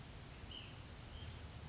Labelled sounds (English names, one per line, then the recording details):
White-breasted Nuthatch
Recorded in Sonoma County, California